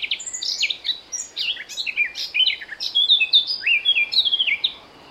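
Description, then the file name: Eurasian blackcap song, a continuous scratchy-then-fluty warble of quick varied notes lasting about five seconds. "Sylvia atricapilla"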